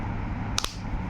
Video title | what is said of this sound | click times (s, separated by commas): Diy Car Key Battery Change (MG Hector Demo). CR2032 | And once you start pressing correctly, it will make this click sounds, | 0.6 s